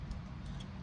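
A plastic shield is pushed onto the two small back pegs of a Mattel Turtles of Grayskull Michelangelo action figure over a low, steady background rumble. A short click at 0.6 s marks the shield popping into place and seating, though it may have gone on the wrong way around.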